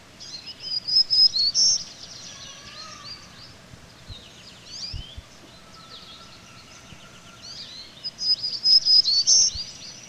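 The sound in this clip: Black-throated green warbler giving two high, buzzy song phrases several seconds apart, with scattered chirps and low whistled notes from other birds between them.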